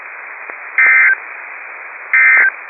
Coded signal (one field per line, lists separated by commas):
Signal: Emergency Alert System (SAME) tones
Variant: end-of-message bursts